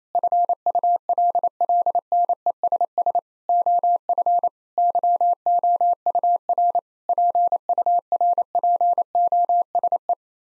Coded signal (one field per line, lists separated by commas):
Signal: Morse code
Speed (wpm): 28 wpm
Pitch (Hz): 700 Hz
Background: none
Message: FULLNESS OF YOUR PURPOSE